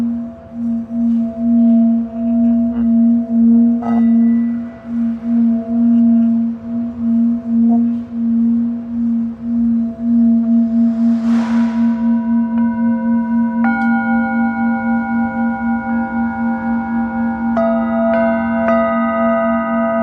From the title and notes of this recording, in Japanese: メキシコから シンギングボウルのサウンドヒーリング。チベタンシンギングボウル。